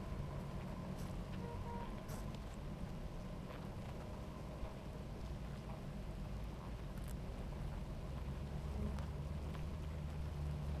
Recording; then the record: honeybee colony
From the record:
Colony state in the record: active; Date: 28 July 2017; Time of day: 17:35